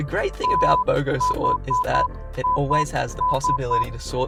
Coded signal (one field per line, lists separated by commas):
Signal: Morse code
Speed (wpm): 9 wpm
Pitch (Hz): 1000 Hz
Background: speech, music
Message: THIS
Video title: Raspberry Pi reads me your comments in Morse Code